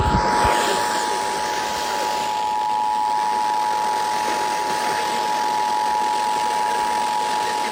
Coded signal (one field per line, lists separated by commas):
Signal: Emergency Alert System (SAME) tones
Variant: 853 and 960 Hz attention tone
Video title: EAS #2935 Severe Thunderstorm Warning on WZOK 6-16-24